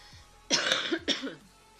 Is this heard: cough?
yes